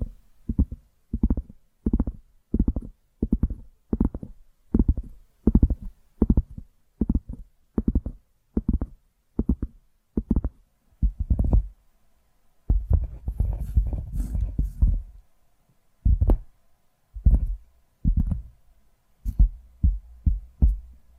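Tapping sounds, deep and thumping, come in a steady rhythm of about two per second for the first eleven seconds. Around twelve to fifteen seconds the taps give way to a denser rustling, brighter scratching, then slower, irregular taps return.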